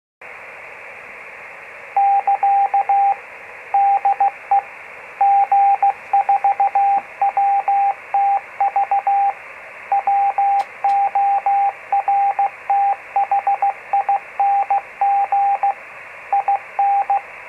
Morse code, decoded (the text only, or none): <KA> DE G4WTV WORTHING IN